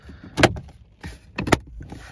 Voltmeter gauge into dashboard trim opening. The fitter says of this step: something this that boy just pops into place